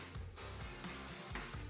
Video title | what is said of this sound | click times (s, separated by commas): Installation - 2015-2025 Ford F-Series Bed Lighting Expansion Kit - Starkey Products | It clicked, and then I'm just going to put a zip tie in here to secure this wiring. | 1.4 s